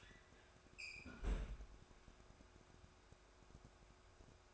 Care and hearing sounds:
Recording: daily activity, microphone in the room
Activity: close fridge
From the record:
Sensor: 2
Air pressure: 1004.5 hPa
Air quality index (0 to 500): 183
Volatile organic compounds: 9 ppm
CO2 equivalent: 2197 ppm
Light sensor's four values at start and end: 4/11/4/4 and 4/11/4/4

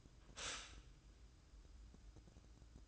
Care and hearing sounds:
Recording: daily activity, microphone in the room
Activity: stop toaster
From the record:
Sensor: 2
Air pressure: 1007.0 hPa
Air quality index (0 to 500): 39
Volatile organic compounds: 1 ppm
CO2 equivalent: 539 ppm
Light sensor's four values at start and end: 6/12/5/5 and 6/12/5/5

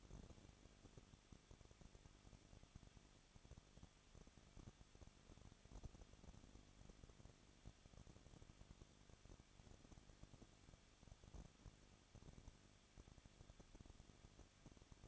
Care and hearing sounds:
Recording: daily activity, microphone in the room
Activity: no activity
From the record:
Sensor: 4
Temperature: 23.0 degrees Celsius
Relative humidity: 34.2%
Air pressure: 1007.3 hPa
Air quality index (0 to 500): 217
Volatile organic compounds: 15 ppm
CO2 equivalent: 2512 ppm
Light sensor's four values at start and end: 2/3/1/1 and 2/3/1/1

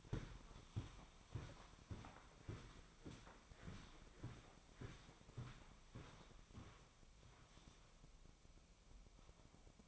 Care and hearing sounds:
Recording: daily activity, microphone in the room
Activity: walk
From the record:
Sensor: 1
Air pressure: 1009.3 hPa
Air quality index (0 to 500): 187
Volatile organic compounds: 4 ppm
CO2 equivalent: 1581 ppm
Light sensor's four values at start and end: 52/139/57/69 and 48/127/53/64

